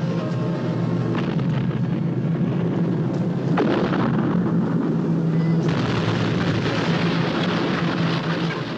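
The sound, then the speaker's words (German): A loud, steady roar of rumbling explosions and booming blasts, with a few sharper bursts standing out from the dense, continuous din: an air raid with bombing attacks and houses in flames, Germany, 1944. “Fliegeralarm, Bombenangriffe, Häuser in Flammen. Deutschland 1944.”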